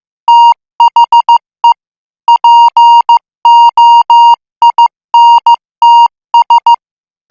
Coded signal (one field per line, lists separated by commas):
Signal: Morse code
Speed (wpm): 15 wpm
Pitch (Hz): 940 Hz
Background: music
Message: THE POINTS